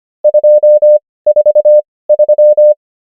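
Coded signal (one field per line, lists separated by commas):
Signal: Morse code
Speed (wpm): 25 wpm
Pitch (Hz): 600 Hz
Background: none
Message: 243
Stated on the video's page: Morse code practice of numbers at 25 wpm character speed and 18 wpm word speed, Farnsworth spacing.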